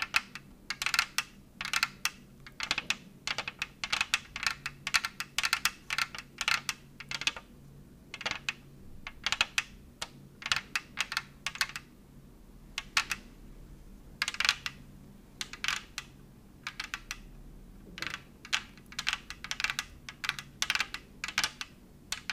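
Tapping sounds come in quick, irregular bursts of sharp clicks, like fingertips or nails on a hard surface, with brief pauses between clusters. The taps are crisp and bright, repeating steadily across the whole clip over a low, constant hum.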